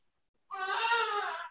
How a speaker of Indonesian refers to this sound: Masya Allah, suara bayi antum ya.